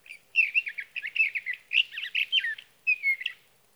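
Sage thrasher delivering a sustained, rambling warble of rapid chirpy notes, ending with a clearer whistled phrase after a brief pause.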